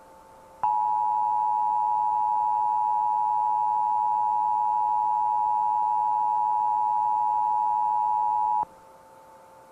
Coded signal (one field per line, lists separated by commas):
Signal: Emergency Alert System (SAME) tones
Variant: 853 and 960 Hz attention tone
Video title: EAS Mock // Knock on wood (Try your luck: Reimagined) // St. Patrick’s Day Special //